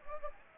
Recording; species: mosquito wingbeat signal from an infrared sensor; Anopheles gambiae